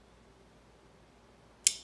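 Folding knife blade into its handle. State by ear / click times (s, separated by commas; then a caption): seated / 1.7 s. The blade of a Zulu folding pocket knife is closed into its handle after near-silence, snapping shut against its detent and backspring with a single sharp, bright metallic click at 1.7 s. The blade seats fully closed with a firm detent.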